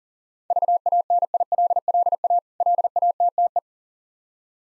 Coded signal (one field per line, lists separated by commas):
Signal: Morse code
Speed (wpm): 43 wpm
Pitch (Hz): 700 Hz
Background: none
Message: VANILLA LATTE